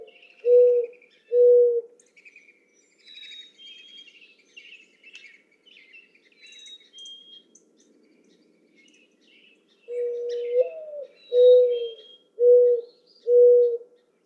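Mourning dove song: low, soft hooting coos, ending notes of one phrase, then a full phrase with a rising second note followed by three steady coos; thin high whistles from other birds between.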